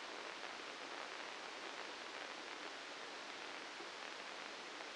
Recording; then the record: brain microelectrode recording played as sound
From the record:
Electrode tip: outside the subthalamic nucleus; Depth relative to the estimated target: -3 mm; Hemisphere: left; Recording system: NeuroSet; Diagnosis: Parkinson's disease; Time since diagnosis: 9 years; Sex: male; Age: 56 years